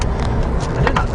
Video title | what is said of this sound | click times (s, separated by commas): Jack Burford Chevrolet Live Stream | it comes up yep comes up and see how it locks into place there nice and | 0.9 s, 1.0 s